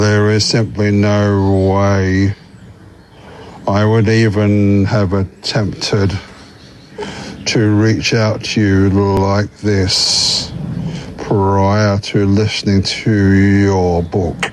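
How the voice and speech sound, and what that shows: Slow, halting speech from an adult man who has stuttered all his life and recently attended a McGuire Programme speech course, reading a message aloud with stretched sounds and long mid-sentence pauses.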